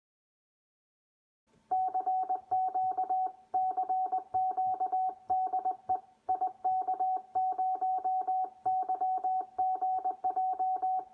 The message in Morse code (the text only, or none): CQ CQ DE IK0YGJ